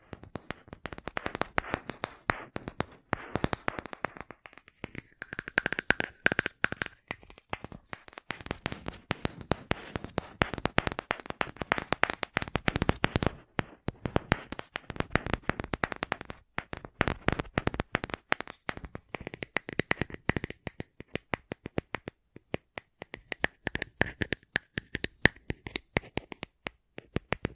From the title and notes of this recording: ASMR 10 Levels of Tapping Tingle Immunity Treatment No Talking.